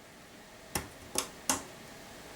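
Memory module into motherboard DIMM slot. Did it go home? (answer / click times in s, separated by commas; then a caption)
yes / 0.8 s, 1.2 s, 1.5 s. A memory module, held by its edges, is pushed gently down into a motherboard DIMM slot. Three sharp snaps ring out at 0.8, 1.2 and 1.5 seconds as the latches engage, and the module is seated.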